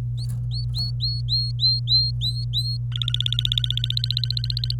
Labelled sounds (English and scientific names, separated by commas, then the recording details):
Domestic Canary (Serinus canaria) song
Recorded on 26 April 2018 at 11:40
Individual llb3